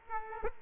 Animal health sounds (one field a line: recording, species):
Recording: mosquito wingbeat signal from an infrared sensor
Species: Aedes aegypti